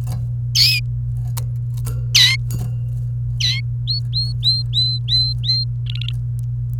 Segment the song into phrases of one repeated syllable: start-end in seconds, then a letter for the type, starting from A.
0.55-0.80 A, 2.15-2.36 A, 3.40-3.60 A, 3.88-5.64 B, 5.86-6.13 C